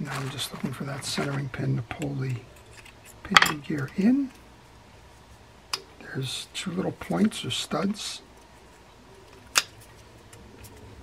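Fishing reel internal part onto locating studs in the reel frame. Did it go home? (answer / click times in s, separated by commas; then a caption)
yes / 9.6 s, 10.3 s. Someone talks while reassembling a Pacifica 2500 saltwater trolling reel, looking for the centering pin and pressing an internal part down over two small locating points or studs in the reel frame. Sharp snaps are heard at 9.6 s and 10.3 s as the part seats onto the studs.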